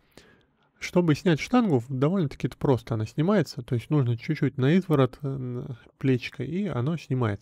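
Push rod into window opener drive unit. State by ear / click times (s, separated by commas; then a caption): not seated / none. A plastic/metal push rod is being handled at a Drivent window opener drive unit, before being pressed on with a little force. A brief faint tap sounds near 0.2 s, then someone talks for the rest of the clip. Nothing has seated or clicked yet.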